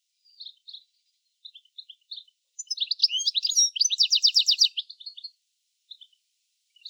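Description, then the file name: European Goldfinch with a few soft scattered notes leading into a dense, rapid twittering burst, then trailing off into isolated chirps. "Carduelis carduelis"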